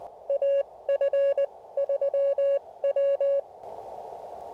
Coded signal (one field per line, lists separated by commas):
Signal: Morse code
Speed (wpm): 19 wpm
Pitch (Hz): 560 Hz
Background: none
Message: AF3W